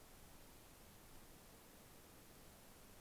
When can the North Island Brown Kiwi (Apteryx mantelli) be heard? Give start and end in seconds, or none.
none